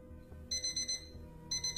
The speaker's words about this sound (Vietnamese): Sáng hôm sau, tiếng chuông báo thức quen thuộc từ điện thoại của Thảo vang lên, khiến cho Thành giật mình tỉnh giấc. Tiếng chuông vang lên lâu lắm, khác xa với mọi ngày